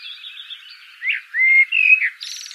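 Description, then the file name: Common blackbird phrase: a soft warble, then a clear level whistle sliding down, closed by a harsh high squeaky flourish. "Turdus merula"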